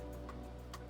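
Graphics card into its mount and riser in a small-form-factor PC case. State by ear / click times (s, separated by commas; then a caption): not seated / none. A graphics card, its teeth lined up at the back, is slid forward toward its riser mount in an NZXT H1 mini-ITX small-form-factor PC case. Two brief light ticks sound at about 0.3 s and 0.7 s over a steady tonal background. The card has not clicked into place or seated yet.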